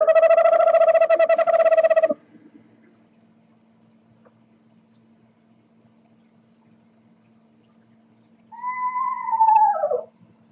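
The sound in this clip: Eastern screech owl giving a steady, tremulous monotone trill for about two seconds, then after a pause a single descending, horse-like whinny sliding down in pitch.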